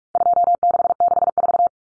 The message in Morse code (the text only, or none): 2664